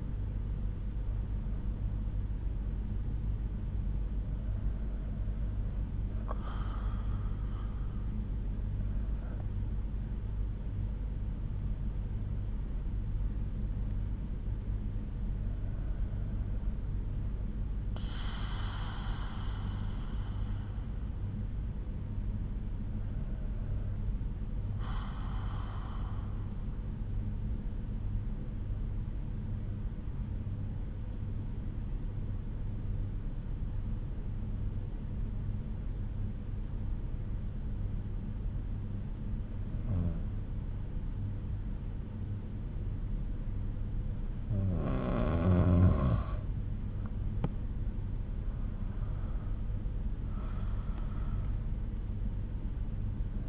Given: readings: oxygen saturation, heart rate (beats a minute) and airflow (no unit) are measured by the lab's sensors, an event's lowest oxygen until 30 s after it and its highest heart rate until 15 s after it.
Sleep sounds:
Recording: breathing in sleep by a smartphone at the bedside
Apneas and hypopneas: 1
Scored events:
28.00-46.40 s: hypopnea (N2, oxygen 96% highest, then 93% lowest)
From the record:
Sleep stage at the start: N2 (light sleep)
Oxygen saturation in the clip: 94 to 96%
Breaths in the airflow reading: 8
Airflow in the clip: -7.1 to 6.9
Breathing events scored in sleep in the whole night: 368 in 8.0 hours asleep

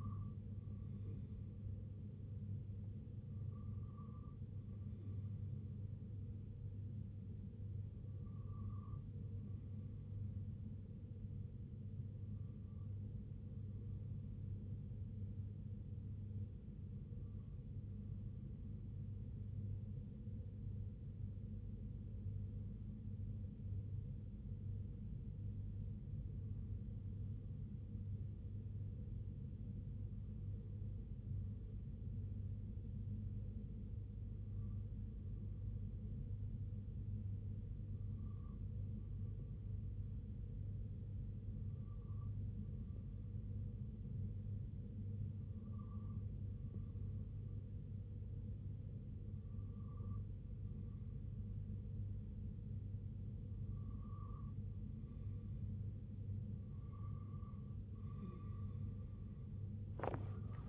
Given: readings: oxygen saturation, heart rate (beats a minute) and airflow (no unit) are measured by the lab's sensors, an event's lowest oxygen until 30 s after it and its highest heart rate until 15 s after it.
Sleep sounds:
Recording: breathing in sleep by a smartphone at the bedside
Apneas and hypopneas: 1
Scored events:
18.00-37.50 s: hypopnea (N2, oxygen 95% highest, then 92% lowest, heart rate 65 at the start, 67 highest)
From the record:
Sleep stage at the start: N2 (light sleep)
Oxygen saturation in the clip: 91 to 95%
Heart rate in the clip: 62 to 75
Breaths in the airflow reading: 13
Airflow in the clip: -5.0 to 11.7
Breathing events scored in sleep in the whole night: 258 in 7.4 hours asleep

